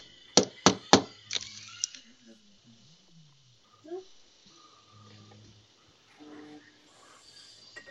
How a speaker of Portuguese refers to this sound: E aí, na porta de cada um de vocês, vocês escutam 3 batidas.